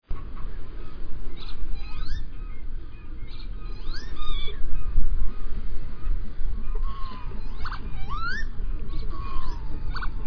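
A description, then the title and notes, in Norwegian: A lapwing calls in short, swooping cries that slide upward in pitch, coming in small bursts around two, four and eight seconds, with quicker chirps between them. A steady low rumble like wind runs underneath the whole time. Lyden av en vipe.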